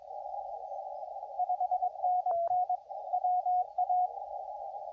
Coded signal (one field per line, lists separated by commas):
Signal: Morse code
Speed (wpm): 22 wpm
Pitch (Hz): 730 Hz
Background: radio noise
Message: 5NN WA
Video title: QRP CW POTA US-3064